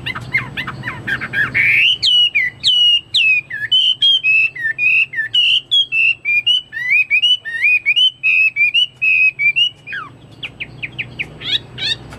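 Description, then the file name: Chinese hwamei song, a long run of loud, varied whistled phrases, many rising and falling, with quick repeated notes and sweeping slurs, ending in scattered sharp chirps. "omkicau hwamei"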